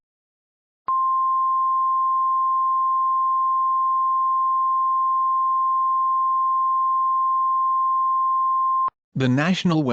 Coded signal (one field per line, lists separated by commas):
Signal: Emergency Alert System (SAME) tones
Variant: 1050 Hz attention tone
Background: speech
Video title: EAS Scenario: An EAS Alert for Every NBA Team